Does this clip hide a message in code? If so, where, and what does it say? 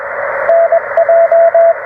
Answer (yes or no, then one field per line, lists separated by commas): yes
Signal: Morse code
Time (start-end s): 0.5-1.7 s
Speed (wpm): 21 wpm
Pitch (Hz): 690 Hz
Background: radio noise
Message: NJ